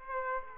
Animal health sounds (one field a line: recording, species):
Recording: mosquito wingbeat signal from an infrared sensor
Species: Aedes aegypti